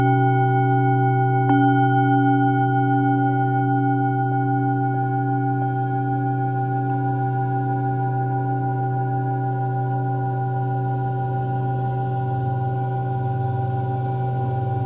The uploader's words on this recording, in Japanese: メキシコから シンギングボウルのサウンドヒーリング。メキシコ時間８／25(木)の夜 ビーチでのサウンドヒーリングのライブ収録です。波音とシンギングボウルの音。